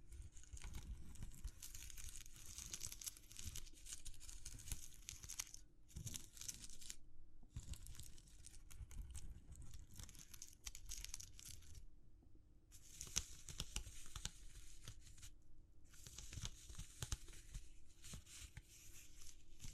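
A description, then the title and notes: Dense, crackling crumpling sounds, like material being crushed and rustled, run almost the whole time over a low rumble and a steady faint hum. The bright crackle cuts out briefly around 6, 7, 12 and 16 seconds, then resumes with scattered sharper snaps. ASMR Exploring Textures (No Talking).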